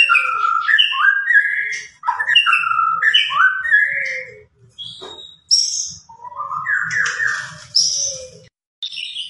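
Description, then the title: White-rumped shama song: rich varied whistled phrases at middle pitch, some rising and falling, separated by short pauses, with a few higher squeaky notes. Used as a lure recording to make shamas respond; described as gacor, meaning singing vigorously and continuously. "PANCINGAN MEWAH MURAI BATU GACOR, SEKALI DENGAR AMPUH LANGSUNG RESPON"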